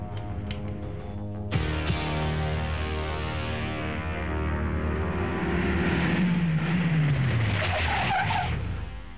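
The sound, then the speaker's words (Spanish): A car engine roars in with a sudden loud surge and skidding tires, then its pitch slides steadily downward as it sweeps past, with no voices. “En cuanto el coche pase por aquí, entraremos en acción como planeamos.”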